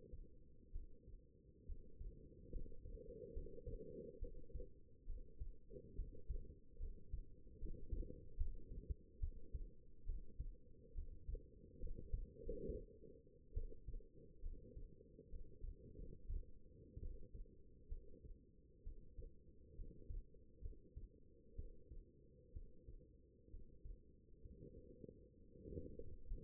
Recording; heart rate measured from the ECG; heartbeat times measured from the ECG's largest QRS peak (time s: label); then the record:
heart sounds by stethoscope; 68 bpm
0.72 s: heartbeat
1.65 s: heartbeat
2.50 s: heartbeat
3.33 s: heartbeat
4.19 s: heartbeat
5.05 s: heartbeat
5.95 s: heartbeat
6.78 s: heartbeat
7.58 s: heartbeat
8.36 s: heartbeat
9.19 s: heartbeat
10.05 s: heartbeat
10.94 s: heartbeat
11.79 s: heartbeat
12.41 s: heartbeat
13.53 s: heartbeat
14.41 s: heartbeat
15.29 s: heartbeat
15.95 s: heartbeat
16.99 s: heartbeat
17.88 s: heartbeat
18.83 s: heartbeat
19.74 s: heartbeat
20.61 s: heartbeat
21.55 s: heartbeat
22.52 s: heartbeat
23.49 s: heartbeat
24.41 s: heartbeat
25.35 s: heartbeat
26.26 s: heartbeat
From the record:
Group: healthy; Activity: rest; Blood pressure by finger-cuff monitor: 114/71 mmHg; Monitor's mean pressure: 82 mmHg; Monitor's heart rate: 67 bpm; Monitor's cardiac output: 5.6 L/min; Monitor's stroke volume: 80 mL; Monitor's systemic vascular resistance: 1070 dyn s/cm5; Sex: female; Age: 22 years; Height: 171 cm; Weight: 65.6 kg